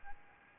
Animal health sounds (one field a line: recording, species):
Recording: mosquito wingbeat signal from an infrared sensor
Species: Aedes albopictus